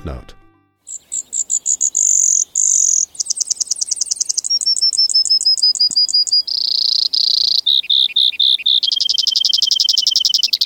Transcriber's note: Long song of the Brewer’s Sparrow